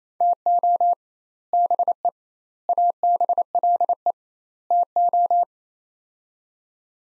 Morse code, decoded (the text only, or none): TO BE ABLE TO